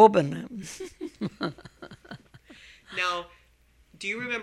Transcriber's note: she laughs